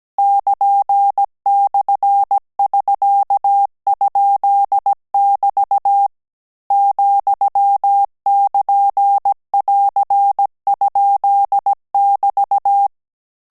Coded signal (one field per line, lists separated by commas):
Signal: Morse code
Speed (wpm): 17 wpm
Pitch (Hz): 800 Hz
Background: none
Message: <KN>/<SK>?<BT> ,<KN><AR>?<BT>